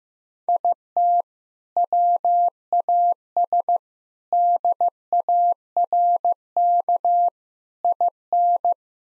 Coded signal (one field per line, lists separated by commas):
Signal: Morse code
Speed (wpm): 15 wpm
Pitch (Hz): 700 Hz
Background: none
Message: IT WAS DARK IN